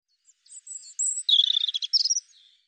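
European robin singing one short, high, varied phrase of thin whistles and rapid trills, ending with a quieter fading note; no other sounds.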